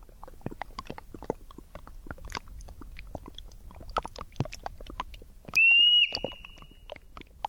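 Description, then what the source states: Olympic marmot whistle, one loud shrill half-second note, amid constant ticking and dripping of melting snow. Heard in a recording of melting snow; endangered species endemic to Olympic National Park.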